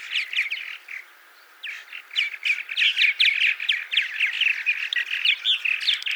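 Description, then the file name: Purple martin chatter: dense runs of creaky, gurgling chirps and squeaks, briefly pausing near the start and then resuming continuously. "purple martin by paul marvin"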